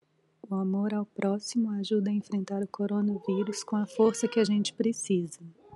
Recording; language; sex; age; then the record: spoken sentence; Brazilian Portuguese; female; 30 to 39 years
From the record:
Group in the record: control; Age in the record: 37 years